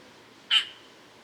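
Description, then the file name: Eurasian magpie giving one short, harsh, rasping chack note, with only a quiet, steady background around it. "Pica pica"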